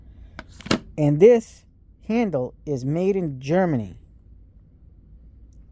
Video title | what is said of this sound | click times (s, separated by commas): The new Wiha PRO Buddy EVO is in the den! Meme tool galore recommended! | detent there, and you just slide it in there, and it snaps right in. | 0.7 s